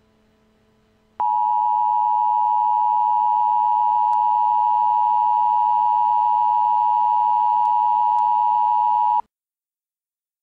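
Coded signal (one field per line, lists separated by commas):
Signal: Emergency Alert System (SAME) tones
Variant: 853 and 960 Hz attention tone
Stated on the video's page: Mock EAS alert, a simulated scenario rather than a real activation.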